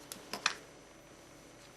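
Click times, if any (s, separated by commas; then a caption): 0.5 s. A metal button back is pressed down by hand with a plastic pusher onto a fabric-covered button shell. Two small ticks at 0.1 and 0.3 seconds are followed by a sharper, louder pop at 0.5 seconds as the button back snaps into place and the button is done.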